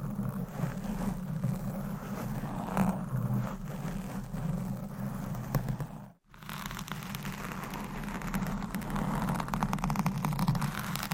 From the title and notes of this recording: Mic Scratching - Brain Scratching on 10 Different Mics Asmr No Talking.